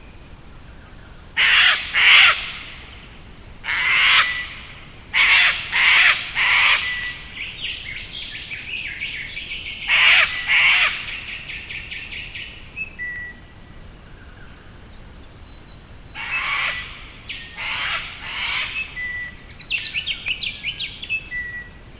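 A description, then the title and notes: Birds call along the Isabella River in the early morning, with loud harsh bursts, rough and crow-like, arriving in clusters around 1–3, 4–7, 10–11 and 16–19 seconds. Between them, thinner repeated chirping trills run on, over a quiet, steady low background. This is an early morning recording of the bird song on the Isabella River. I think made mid 1990s.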